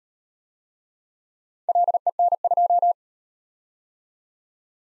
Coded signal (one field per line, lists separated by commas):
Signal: Morse code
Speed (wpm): 38 wpm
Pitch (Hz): 700 Hz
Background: none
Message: LEN2